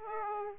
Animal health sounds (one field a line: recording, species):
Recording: mosquito wingbeat signal from an infrared sensor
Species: Aedes aegypti